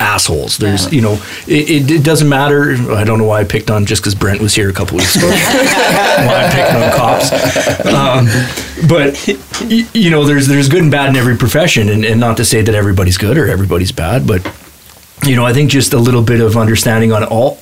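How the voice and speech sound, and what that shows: An adult man speaks at a relaxed conversational pace in a mid-low voice, with everyday fillers like "you know" and "um" and a brief chuckle partway through. His voice is clear and steady, with fluent articulation. This is ordinary, typical speech.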